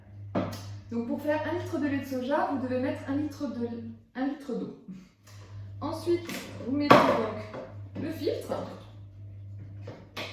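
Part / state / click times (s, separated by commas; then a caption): filter basket into plant-milk maker container / seated / 10.2 s. Someone talks while a plastic filter basket is put into the main container of a Vegan Milker plant-milk maker. A sharp click at 10.2 s marks the basket clipping into place, seated.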